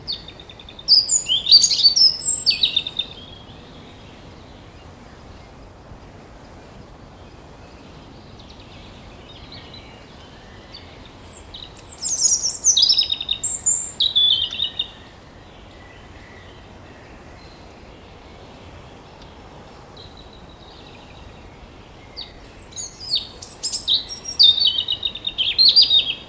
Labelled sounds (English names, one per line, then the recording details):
European Robin song
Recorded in the wild
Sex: male
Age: adult
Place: Mühlenbecker Wald, Brandenburg, DE
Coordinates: 52.6925, 13.3617
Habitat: forest
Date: 1988-06-04 12:41
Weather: overcast, 18-20°C, wind
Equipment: Nagra SN, Kopie Tesla B 116
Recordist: Tembrock, Günter